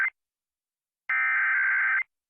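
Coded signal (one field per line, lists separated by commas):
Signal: Emergency Alert System (SAME) tones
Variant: header bursts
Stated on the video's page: Required monthly test for Nebraska, caught on a Lincoln, Nebraska station.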